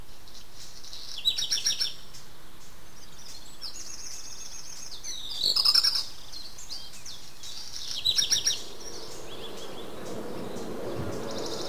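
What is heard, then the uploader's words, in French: Birds call in short bursts of high, bright chirps near 1.5, 6 and 8 seconds over a steady outdoor hiss, with a low rumble building late. A base de field-recording, les espèces animales protégées du domaine de Rovorée s'y retrouvent représentées durant les différentes saisons.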